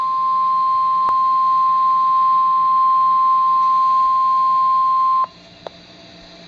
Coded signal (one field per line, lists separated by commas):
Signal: Emergency Alert System (SAME) tones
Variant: 1050 Hz attention tone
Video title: Real NOAA Weather Radio EAS Alert #196